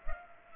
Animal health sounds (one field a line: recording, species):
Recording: mosquito wingbeat signal from an infrared sensor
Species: Culex pipiens